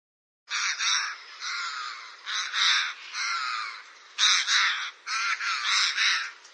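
Eurasian jay giving harsh, rasping screeches in a rapid series of bursts, some doubled, with brief pauses between them.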